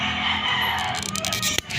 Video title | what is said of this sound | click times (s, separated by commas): Palit fuel filter honda RS 150 | Yon, pag narinig nyo yung tumunog na yon, pak, yon, nag-lock na yon. | 1.6 s